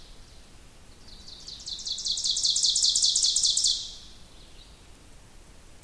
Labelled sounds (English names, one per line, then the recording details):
Ovenbird song
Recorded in boreal forest in Alberta, Canada, on 2 June 2016 at 06:30
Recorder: SongMeter 3, array SBT-3-7
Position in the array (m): 193 m, 4 m
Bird 6